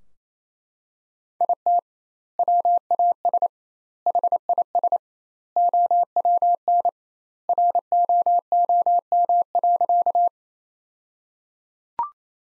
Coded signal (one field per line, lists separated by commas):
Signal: Morse code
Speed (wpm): 28 wpm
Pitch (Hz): 700 Hz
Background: none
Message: IT WAS HIS OWN ROOM.